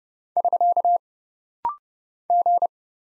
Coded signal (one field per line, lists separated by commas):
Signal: Morse code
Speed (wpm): 31 wpm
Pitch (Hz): 700 Hz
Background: none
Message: <SK> G